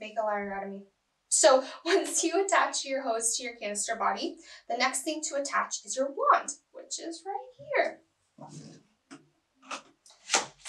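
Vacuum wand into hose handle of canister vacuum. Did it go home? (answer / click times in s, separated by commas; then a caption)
yes / 10.3 s. Someone talks while assembling a Miele Complete C3 Marin canister vacuum, with the hose already attached to the canister body. The plastic wand is pushed onto the hose handle and latches with a short, sharp click at 10.3 s, seating the wand.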